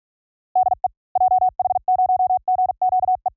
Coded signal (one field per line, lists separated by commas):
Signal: Morse code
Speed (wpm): 45 wpm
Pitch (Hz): 740 Hz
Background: none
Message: DE JH0GQE